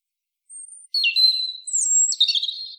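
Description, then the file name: European robin song opening with a faint, very high drawn-out whistle, then clear falling whistles and a fast, fluttering warble. The background is quiet. "Erithacus rubecula"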